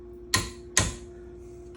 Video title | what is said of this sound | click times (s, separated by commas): How to swap and upgrade your barrel | And all we got to do is just torque this down till you hear a click. | 0.3 s, 0.8 s